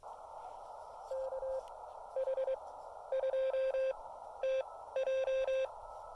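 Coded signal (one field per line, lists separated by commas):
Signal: Morse code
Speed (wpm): 23 wpm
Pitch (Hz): 530 Hz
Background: none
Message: KH2TJ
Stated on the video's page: QRP CW activation for SOTA, POTA and WWFF at a state park, 5 watts into a CHA MPAS 2.0 antenna.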